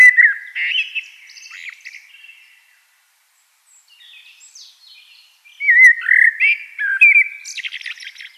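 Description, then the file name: Eurasian blackbird song: a warbled phrase with a scratchy ending, a quiet pause, then a louder fluted phrase ending in a harsh twitter. "Turdus merula"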